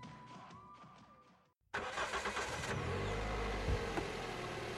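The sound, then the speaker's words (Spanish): A car engine whirs and cranks, falls silent for a beat, then bursts into a loud, steady roar that swells with revving for several seconds. “Menudo coche.”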